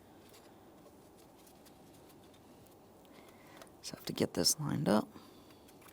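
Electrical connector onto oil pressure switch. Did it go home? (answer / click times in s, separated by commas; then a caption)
no / none. An electrical connector is being lined up with the oil pressure switch on a 2008-2017 Mitsubishi Lancer before being pressed home. Faint handling taps are heard while someone talks. Nothing has seated or clicked yet.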